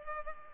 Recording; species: mosquito wingbeat signal from an infrared sensor; Culex pipiens